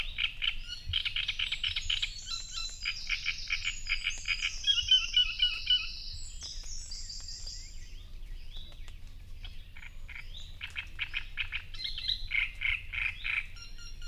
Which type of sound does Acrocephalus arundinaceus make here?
song